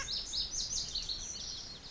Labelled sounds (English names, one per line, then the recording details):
Pacific Wren
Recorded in Sonoma County, California